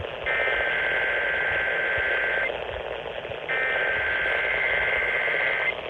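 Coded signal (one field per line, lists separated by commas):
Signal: Emergency Alert System (SAME) tones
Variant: header bursts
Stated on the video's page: Tennessee AMBER Alert EAS tones aired on AM radio station WLAC.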